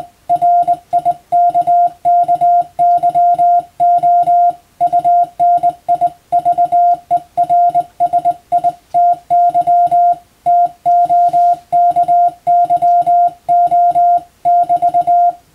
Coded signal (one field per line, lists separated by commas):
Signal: Morse code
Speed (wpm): 21 wpm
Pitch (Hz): 700 Hz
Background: music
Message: RIKKYO UNIVERSITY TOKYO <BT>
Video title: 無線従事者国家試験総合無線通信士電気通信術のトレーニングにＣＷを打ってみました。アマチュア無線ハムの受信練習にもどうぞ(morse code practice for radio operator )